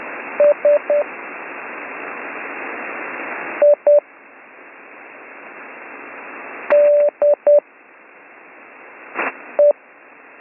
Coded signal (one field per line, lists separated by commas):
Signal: Morse code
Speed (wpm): 10 wpm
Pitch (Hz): 590 Hz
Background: radio noise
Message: SIDE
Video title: Slow Morse Code Course - Week 3